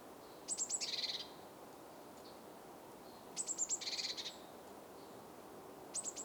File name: Cyanistes caeruleus